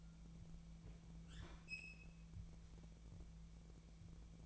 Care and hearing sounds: daily activity, microphone in the room; open fridge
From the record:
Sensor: 1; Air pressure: 1000.1 hPa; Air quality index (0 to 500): 134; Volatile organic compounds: 2 ppm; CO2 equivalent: 1262 ppm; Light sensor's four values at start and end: 37/94/39/48 and 37/94/39/48

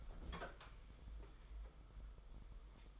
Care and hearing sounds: daily activity, microphone in the room; open fridge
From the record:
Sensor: 5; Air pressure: 991.2 hPa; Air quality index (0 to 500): 112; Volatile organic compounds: 28 ppm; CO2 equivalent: 2919 ppm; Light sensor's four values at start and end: 36/110/42/45 and 37/112/43/46

